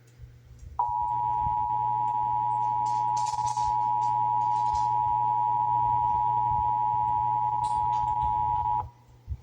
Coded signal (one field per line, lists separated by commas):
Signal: Emergency Alert System (SAME) tones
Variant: 853 and 960 Hz attention tone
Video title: (EAS #752-757) November 2024 Texas Required Monthly Test